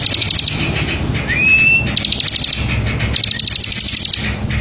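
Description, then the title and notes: Bar-winged prinia giving rapid ticking, buzzy trills in three bursts, with one clear upslurred whistle between the first two. Ngebren song style of the bar-winged prinia, used as a tutor recording for training white-rumped shamas. "Ciblek Ngebren Untuk Masteran Murai Batu. Suara burung ciblek - Suara Nada"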